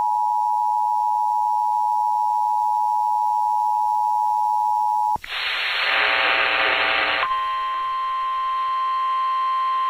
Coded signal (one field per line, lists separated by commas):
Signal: Emergency Alert System (SAME) tones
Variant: 853 and 960 Hz attention tone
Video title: EAS- Severe Thunderstorm Warning (SVR) KFBK-AM (Calaveras, Stanislaus, Tuloneme Counties, CA)